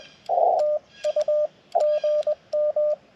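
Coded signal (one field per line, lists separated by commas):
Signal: Morse code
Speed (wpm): 23 wpm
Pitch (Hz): 600 Hz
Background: radio noise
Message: TU GM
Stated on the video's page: CW Parks on the Air activation with a Yaesu FT-891, Chelegance MC-750 antenna and Bamatech TP-III paddle; many keying mistakes until switching to the Elecraft KX2 keyer.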